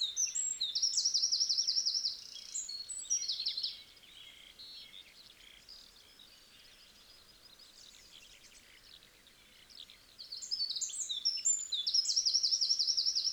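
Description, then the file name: Eurasian wren song in two bursts, each a rapid high trill mixed with sharp notes, separated by several much quieter seconds. "Troglodytes troglodytes"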